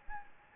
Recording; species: mosquito wingbeat signal from an infrared sensor; Anopheles gambiae